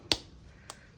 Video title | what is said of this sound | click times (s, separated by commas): RE Himalayan 450 - Quad Lock Wireless Charger Installation | You just gotta twist it, and once it locks in place, it'll never fall off. | 0.1 s